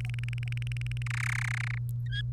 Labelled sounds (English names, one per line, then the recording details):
Domestic Canary song
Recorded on 1 May 2018 at 10:54
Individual llb3